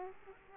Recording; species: mosquito wingbeat signal from an infrared sensor; Aedes aegypti